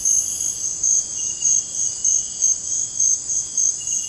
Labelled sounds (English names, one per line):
none